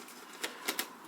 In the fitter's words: them up and you look for that click sound which is nice and tells